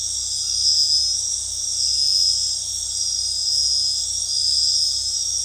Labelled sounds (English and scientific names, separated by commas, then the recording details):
none
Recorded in dense forest near Puerto Asís, Putumayo, Colombia, on 21 February 2024 at 00:00
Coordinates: 0.485, -76.322
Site G6406